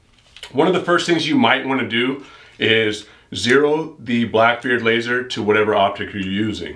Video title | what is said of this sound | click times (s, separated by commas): Mantis Blackbeard X Review and How To. The Best At-Home/ Dry-Fire Training Device on the market??? | then we're going to put in the power bank when you click it in you're going to hear it activate | 0.4 s